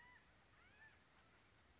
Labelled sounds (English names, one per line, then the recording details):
California Quail
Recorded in Sonoma County, California